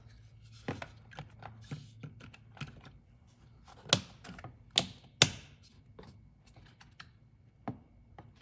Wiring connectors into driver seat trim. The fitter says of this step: Good, looks like all 4 are locked in.